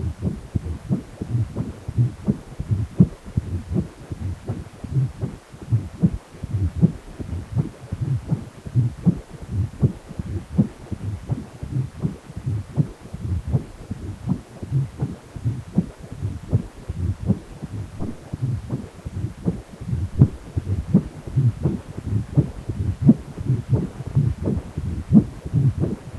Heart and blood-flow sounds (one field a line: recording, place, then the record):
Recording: Doppler ultrasound of blood flow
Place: precordium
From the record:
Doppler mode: continuous wave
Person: healthy adult, 18 to 50 years, no heart murmur, not diving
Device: 2.5 MHz transducer